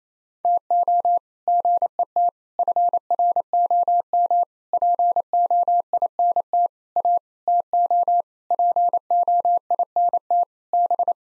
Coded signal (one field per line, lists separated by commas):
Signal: Morse code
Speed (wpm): 28 wpm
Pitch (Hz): 700 Hz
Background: none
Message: TO GET FROM POINT A TO POINT B